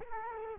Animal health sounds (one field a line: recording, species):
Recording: mosquito wingbeat signal from an infrared sensor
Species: Culex quinquefasciatus